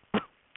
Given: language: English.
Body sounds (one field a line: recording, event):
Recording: throat vibration sensor signal played as sound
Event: cough